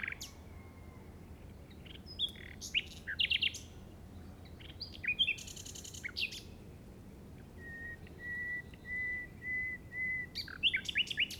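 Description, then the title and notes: Common nightingale song: rapid chirps and crackling buzzes, then a slow series of pulsed whistles near the end followed by bright quick notes. Recorded in the Llobregat Delta at 06:00 on 8 May 2015 with a Zoom recorder. "Grabación de ruiseñor común (Luscinia megarhynchos) en el Delta del Llobregat a las 06:00 del 08/05/2015."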